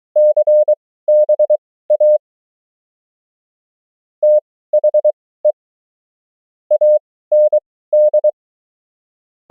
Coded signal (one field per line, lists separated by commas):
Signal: Morse code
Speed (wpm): 23 wpm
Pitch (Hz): 600 Hz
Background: none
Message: CBA THE AND